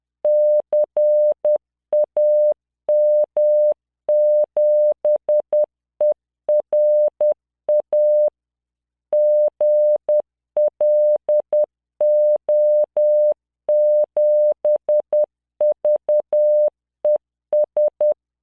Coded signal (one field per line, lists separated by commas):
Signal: Morse code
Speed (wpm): 10 wpm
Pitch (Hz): 600 Hz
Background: none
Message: CAM7ERA GLO7VES